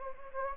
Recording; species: mosquito wingbeat signal from an infrared sensor; Anopheles gambiae